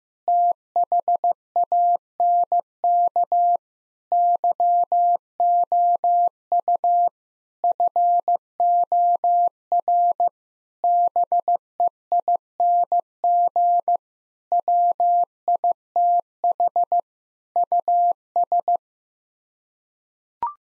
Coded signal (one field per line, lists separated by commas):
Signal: Morse code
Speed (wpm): 15 wpm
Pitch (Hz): 700 Hz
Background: none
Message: THANK YOU FOR BEING WITH US